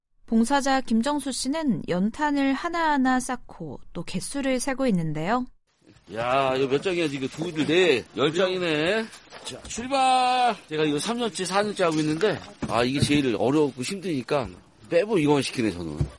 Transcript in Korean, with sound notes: 봉사자 김정수 씨는 연탄을 하나하나 쌓고 또 개수를 세고 있는데요. [녹취: 적재 현장음] “제가 3년째, 4년째 하고 있는데 이게 제일 어렵고 힘드니까 매번 이것만 시키네요.